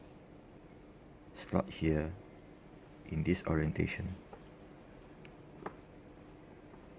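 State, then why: Seated. Someone talks while pushing a SIM card into the card slot of a 4G modem in the correct orientation. A couple of faint ticks come first, then a short, sharp click at 5.7 s as the card seats in place.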